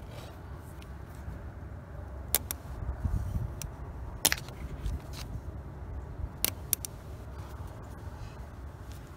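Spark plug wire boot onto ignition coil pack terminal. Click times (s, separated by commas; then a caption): 2.4 s, 2.5 s, 4.3 s, 6.4 s, 6.7 s. Spark plug wire boots are pushed firmly down onto the terminals of a replacement ignition coil pack on a Ford Focus, making a ratcheting noise rather than a true click. Short sharp clicks sound at 2.4, 2.5, 4.3, 4.3, 6.4 and 6.7 seconds over a low background rumble. The boots are seated on the coil pack.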